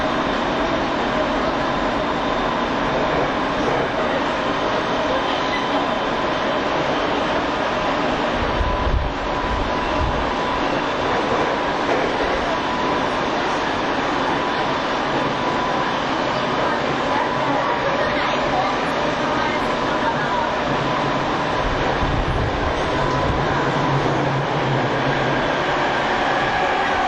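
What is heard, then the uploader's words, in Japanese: A TWR 70-000 series train runs with a steady, dense rumble and rattle, and a low inverter hum rises briefly near the end. 209系と同じオリジナルのインバータ音だった、TWR70-000形”埼京線快速”を収録したものです。新木場～川越。TWR70-000形 埼京線快速。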